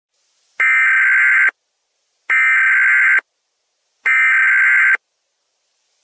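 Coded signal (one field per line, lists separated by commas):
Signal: Emergency Alert System (SAME) tones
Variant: header bursts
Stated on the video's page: Fictional emergency alert scenario that may or may not contain valid tones.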